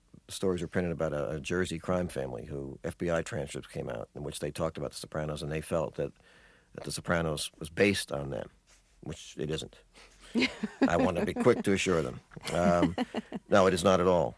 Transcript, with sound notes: stories were printed about a Jersey crime family who - FBI transcripts came out in which they talked about "The Sopranos." And they felt that "The Sopranos" was based on them, which it isn't.
(Laughter).
I want to be quick to assure them. No, it is not at all.